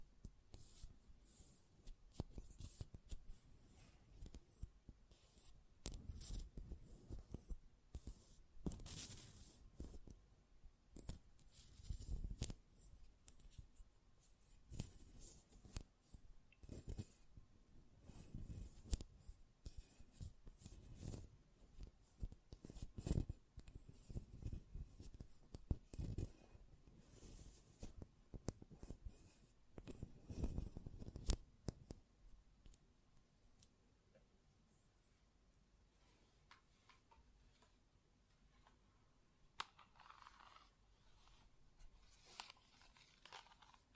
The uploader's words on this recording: ASMR Close Up Metallic Sounds (No Talking).